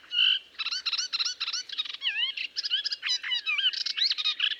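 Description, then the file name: Melodious warbler song, a fast, continuous babble of chattering notes, buzzy trills and swooping whistled phrases without pause. "British Library - Melodious Warbler Hippolais polyglotta"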